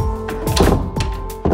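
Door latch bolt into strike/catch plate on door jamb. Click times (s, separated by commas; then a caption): 0.6 s. After the catch (strike) plate on an interior door jamb is adjusted, precise work needed so the door will shut properly, the door is shut and its latch bolt catches in the plate with a solid thunk at 0.6 s, between softer knocks near 0.3 s and 1.4 s. Music plays underneath throughout. The latch catches and the door is seated shut.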